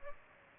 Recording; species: mosquito wingbeat signal from an infrared sensor; Aedes aegypti